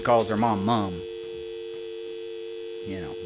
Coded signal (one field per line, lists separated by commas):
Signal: telephone call progress tone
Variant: UK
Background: speech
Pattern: dial tone